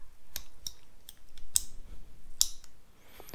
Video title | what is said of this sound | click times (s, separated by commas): 12V: Anderson plug the world! | you hear two clicks and that's what it looks like | 1.6 s, 2.4 s